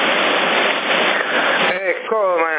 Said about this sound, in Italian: invece io sto sotto tetto e già li sento, perché da me non ce ne sono tevole, lo sai che è terrazzo, per cui quando scende il goccio, la goccia d'acqua si sente